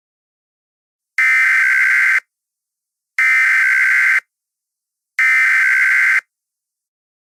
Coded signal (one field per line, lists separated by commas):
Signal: Emergency Alert System (SAME) tones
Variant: header bursts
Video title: Cascadia Subduction Zone EAS - Scenario #1